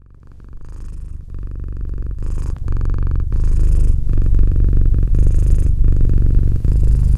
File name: Cat Purr